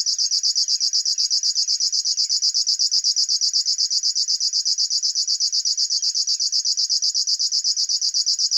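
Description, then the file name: River warbler giving a continuous high, dry, chuffing buzz with rapid even pulses. "Schlagschwirl - Locustella fluviatilis"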